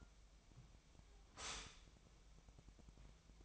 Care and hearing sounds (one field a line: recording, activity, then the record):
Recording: daily activity, microphone in the room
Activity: stop toaster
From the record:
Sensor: 1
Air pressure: 1001.9 hPa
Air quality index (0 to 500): 239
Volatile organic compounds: 43 ppm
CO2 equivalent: 3201 ppm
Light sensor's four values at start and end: 11/36/13/15 and 11/36/13/15